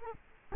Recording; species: mosquito wingbeat signal from an infrared sensor; Culex quinquefasciatus